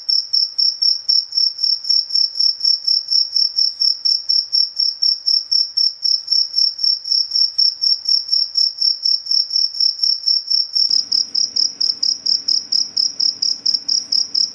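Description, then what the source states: Cricket trilling in crisp, high pulses about twice a second; a low hum joins near the end. Cricket chirping played as a sound to repel mosquitoes, insects and rats.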